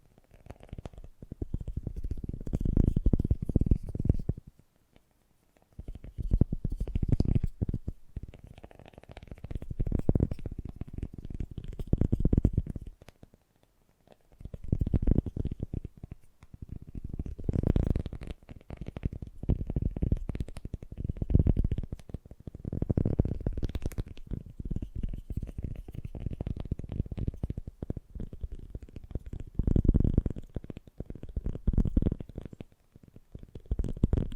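Fast, gentle tapping comes in dense bursts of a few seconds each, separated by brief pauses roughly every two to five seconds. The taps are soft and muffled, mostly low in tone with a faint brighter edge, and the rhythm is rapid and fairly even.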